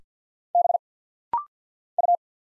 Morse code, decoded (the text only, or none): B U